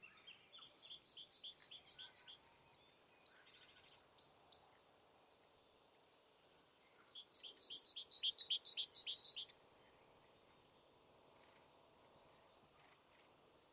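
Great tit song: a clear two-note phrase, a steady high whistle then a lower note, repeated several times in each of two separate bursts, with faint soft notes between them.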